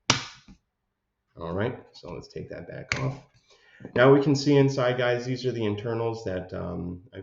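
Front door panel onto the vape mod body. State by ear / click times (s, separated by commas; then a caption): seated / 0.1 s. The ribbed front door of a Volcanic 18650 mech squonk mod by Snow Cap Mods, which holds without magnets, is pressed back onto the front of the metal mod body and seats with a sharp, satisfying click at 0.1 s. After a short silence, someone talks.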